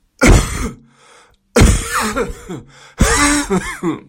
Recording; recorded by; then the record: voluntary cough; messaging app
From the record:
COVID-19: negative